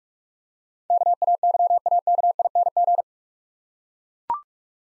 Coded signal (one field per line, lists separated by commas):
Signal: Morse code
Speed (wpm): 44 wpm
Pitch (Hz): 700 Hz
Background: none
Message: KAYAKING